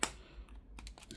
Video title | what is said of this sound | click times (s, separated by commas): Building a computer with TEMU's cheapest computer case | you can hear a click | 0.0 s